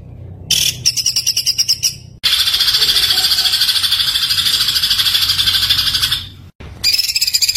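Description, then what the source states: White-eye song: a series of sharp high notes, then a long, continuous high trill of rapid chirps. Masteran (training) recording of white-eye song, gacor continuous singing, full tembakan bursts.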